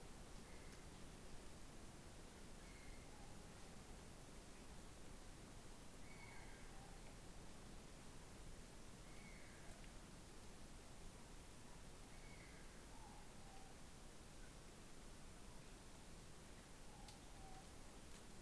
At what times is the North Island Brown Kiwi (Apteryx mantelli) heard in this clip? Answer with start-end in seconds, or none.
none